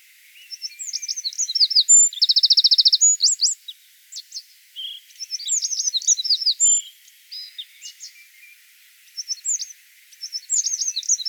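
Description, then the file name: Eurasian wren giving energetic high-pitched song: scattered sharp notes, a fast even trill, then several bursts of tumbling chips separated by short gaps. "Troglodytes troglodytes"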